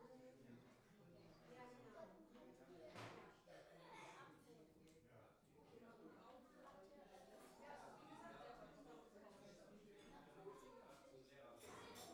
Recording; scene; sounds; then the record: everyday scene through a hearing-aid microphone; many people talking; many voices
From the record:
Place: parish hall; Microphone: behind the ear, right, front